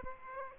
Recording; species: mosquito wingbeat signal from an infrared sensor; Aedes aegypti